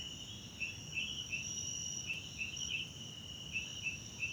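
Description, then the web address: Crickets trilling in a steady high chorus, with several sharper chirps breaking in, over a low rumbling background. South African crickets, background ambience recorded at night in a wetland park at Kosi Forest Lodge, South Africa. "sonniss 2018 individual Tonschliff - SOUTH AFRICAN CRICKETS BG South Africa Wetland Park Kosi Forest Lodge Night"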